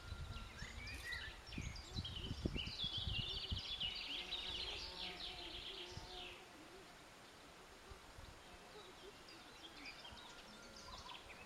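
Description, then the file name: Common blackbird calls mixed into a dense chorus of chirping birds during the first six seconds, with low thumps and rumbling, then quieter scattered chirps. "Turdus merula"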